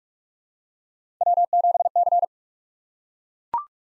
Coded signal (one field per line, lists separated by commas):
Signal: Morse code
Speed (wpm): 44 wpm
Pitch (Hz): 700 Hz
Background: none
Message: W7C